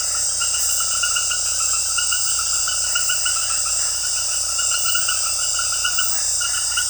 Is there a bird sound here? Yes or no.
no